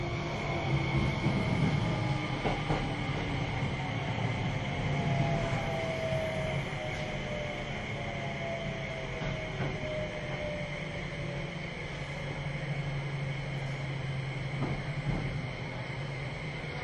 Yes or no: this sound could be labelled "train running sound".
yes